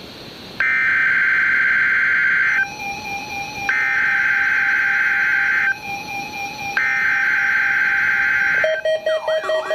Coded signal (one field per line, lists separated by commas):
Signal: Emergency Alert System (SAME) tones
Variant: header bursts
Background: speech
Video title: Required Weekly Test - 08/13/14 (EAS #802)